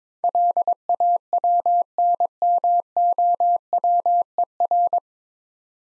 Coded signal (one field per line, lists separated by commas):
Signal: Morse code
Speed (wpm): 22 wpm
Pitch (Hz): 700 Hz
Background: none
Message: LAWNMOWER